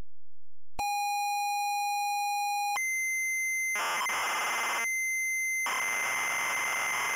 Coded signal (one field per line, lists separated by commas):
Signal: ZX Spectrum tape loading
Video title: Hudson Hawk (ZX Spectrum)